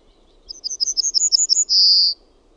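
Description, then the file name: Yellowhammer song: a rapid run of many short, high notes, then one long drawn-out final note, over a faint low hum. "KELTASIRKKU"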